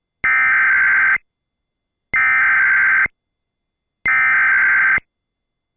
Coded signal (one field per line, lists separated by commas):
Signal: Emergency Alert System (SAME) tones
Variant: header bursts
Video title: EAS 1580: NWS Tulsa Tornado Warning